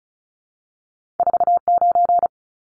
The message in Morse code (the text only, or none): 49